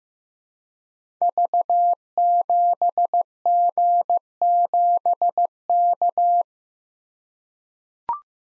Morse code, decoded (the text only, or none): V7G7K